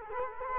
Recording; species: mosquito wingbeat signal from an infrared sensor; Culex quinquefasciatus